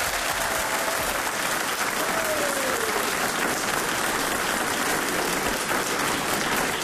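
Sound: audience applause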